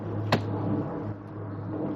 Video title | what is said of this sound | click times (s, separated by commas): Can-Am Canyon XT 2026 season kick-off. @CanAm3Wheel | And that just clicks back into place. | 0.3 s